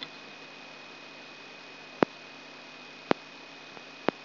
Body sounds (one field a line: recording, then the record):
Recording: brain microelectrode recording played as sound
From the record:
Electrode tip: outside the subthalamic nucleus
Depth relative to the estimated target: -6 mm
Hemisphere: left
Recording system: AlphaMap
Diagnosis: Parkinson's disease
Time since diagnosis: 6 years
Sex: female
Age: 40 years